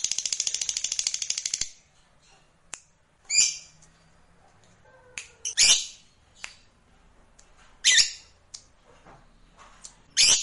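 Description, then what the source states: Lovebird trill and calls: a rapid high buzzy trill for nearly two seconds, then scattered harsh shrieks and short chirps. Fighter lovebird giving ngekek panjang, a long trill.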